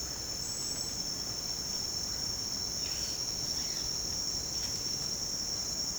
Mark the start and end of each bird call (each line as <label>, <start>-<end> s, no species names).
bird call, 2.76-3.97 s